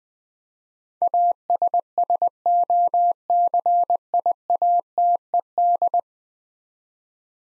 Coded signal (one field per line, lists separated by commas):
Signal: Morse code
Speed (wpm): 20 wpm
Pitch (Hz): 700 Hz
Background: none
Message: ASSOCIATED